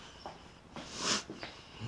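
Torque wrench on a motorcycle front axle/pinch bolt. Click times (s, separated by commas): 1.4 s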